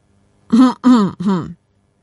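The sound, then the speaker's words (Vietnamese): Three short, voiced throat-clearing coughs in quick succession, evenly spaced and fairly loud, with a mid-pitched vocal tone like someone performing an awkward "ahem" on its own. “Trường Huy lại ho khan, có một chút hơi lúng túng.”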